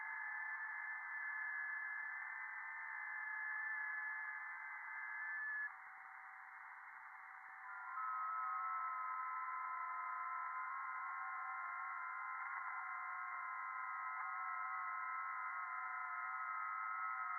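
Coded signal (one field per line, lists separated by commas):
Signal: FT8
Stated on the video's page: Real over-the-air FT8 on HF via a 40m NVIS dipole, not SDR or simulation.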